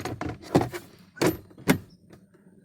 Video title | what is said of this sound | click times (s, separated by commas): 2018 GMC Sierra cabin air filter change | Snaps right in. | 0.6 s, 1.2 s, 1.7 s